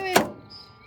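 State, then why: Not seated. A trunk lid latch on an old 1977 Lincoln is tried. A steady harmonic buzzing tone is cut off by a short, sharp thunk at 0.16 s that decays quickly into faint high tones. Nothing has clicked yet, and the trunk lid does not pop open.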